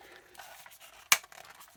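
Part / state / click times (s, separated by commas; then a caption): plastic accessory onto action figure ball socket / seated / 1.1 s. A plastic accessory is pushed onto a ball socket with retaining tabs on an action figure. A loud, sharp snap at 1.1 s marks it popping into place, followed by a few faint clicks, and the part is seated.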